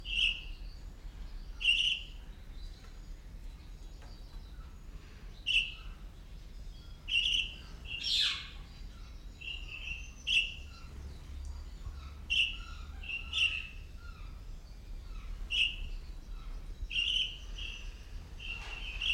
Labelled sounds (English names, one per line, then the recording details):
Golden-breasted Starling
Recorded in captivity
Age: adult
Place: Zoo Berlin, Berlin, DE
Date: 1992-12-25 10:29
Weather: heiter, -7°C
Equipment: Marantz CP 430, Sennheiser ME 80, Kopie Uher Variocord 263
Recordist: Tembrock, Günter